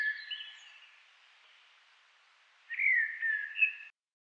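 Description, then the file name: Common blackbird singing, a clipped phrase tail at the start, then after a pause a rich, fluting warble with a brief squeaky flourish near its end. "Turdus merula"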